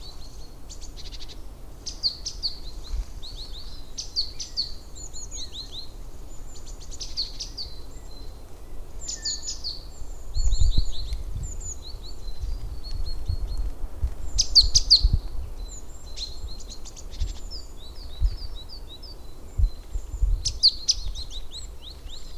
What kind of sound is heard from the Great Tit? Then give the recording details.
song. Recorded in the wild. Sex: male. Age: adult. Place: Prenden, Brandenburg, DE. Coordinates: 52.8347, 13.62. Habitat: wood. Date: 1992-03-07 16:04. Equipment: Aiwa HD-S1, Sennheiser ME 80, 1:1 Kopie. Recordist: Frommolt, Karl-Heinz